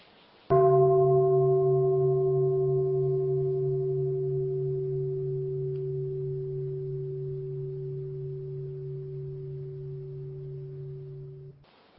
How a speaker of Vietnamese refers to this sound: Giờ các bạn thử thư giãn, nghe một tiếng chuông là thư giãn thử, làm cho thiệt thà.